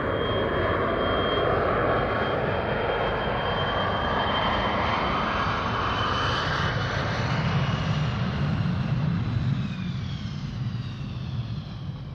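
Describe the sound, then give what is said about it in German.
A loud, steady airplane engine roar at Kraków Airport fills the whole clip, a broad rumble with a high whine gliding slowly in pitch, easing off slightly toward the end. No voices. “Flughafen Krakau.”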